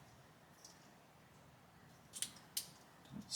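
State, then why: Not seated. A light blue wire's crimped terminal is pushed into the steering column connector housing of a 1977 Camaro Z28, with a faint tick near 0.6 s, two sharper plastic-sounding ticks at about 2.2 and 2.6 s, and a brief rustle at the end. The terminal's lock does not snap the way the other terminals did, so nothing has seated or clicked.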